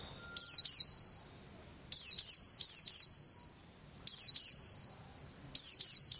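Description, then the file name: White-eye bursts of high, shrill twittering, each loud phrase trailing off, repeated mostly about one and a half seconds apart, with short silences between most of them. Indonesian white-eye (pleci) singing in the song style called "ngalas". "pleci ngalas omkicau"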